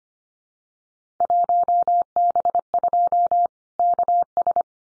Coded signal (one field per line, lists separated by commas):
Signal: Morse code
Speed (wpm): 25 wpm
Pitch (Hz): 700 Hz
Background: none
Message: 1B2 KS